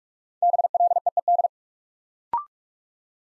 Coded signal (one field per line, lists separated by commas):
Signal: Morse code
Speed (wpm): 44 wpm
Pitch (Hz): 700 Hz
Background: none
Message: BLEED